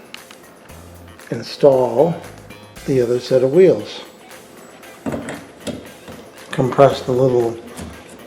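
A second wheel assembly is handled and lined up to go into the frame of a Hugo Mobility 700-961 Elite rollator walker while someone talks over background music, with a few soft handling knocks. Nothing has seated or clicked yet; the assembly is not home.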